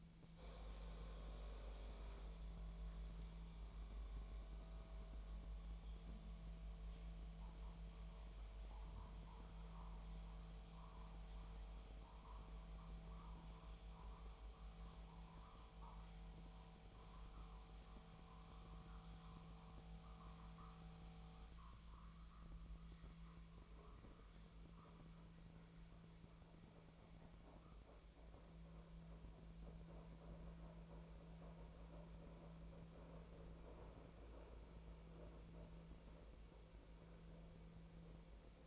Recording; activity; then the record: daily activity, microphone in the room; make coffee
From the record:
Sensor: 1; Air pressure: 1009.4 hPa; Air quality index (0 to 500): 196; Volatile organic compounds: 20 ppm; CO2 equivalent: 2680 ppm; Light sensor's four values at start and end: 28/72/30/35 and 28/71/30/35